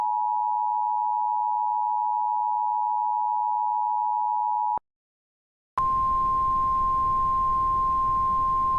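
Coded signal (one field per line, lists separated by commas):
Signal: Emergency Alert System (SAME) tones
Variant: 853 and 960 Hz attention tone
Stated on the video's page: Fictional Emergency Alert System scenario about an earthquake disaster in the Rocky Mountains and the western states; simulated alert.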